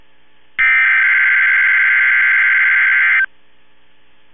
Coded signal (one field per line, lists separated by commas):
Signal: Emergency Alert System (SAME) tones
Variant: header bursts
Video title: Tornado Watch (EAS 1761)